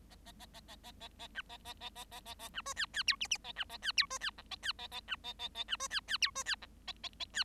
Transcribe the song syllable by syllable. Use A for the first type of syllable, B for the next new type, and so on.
A A A A A A A A B A A A A A A A B C D D E F F A B A D E C D G A D A A B A A A B C D D E C D G A A A D